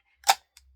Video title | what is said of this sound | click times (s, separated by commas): Project Recipe #3 from the CM 52 Scrapbooking Project Recipes book | push it until it clicks and then | 0.6 s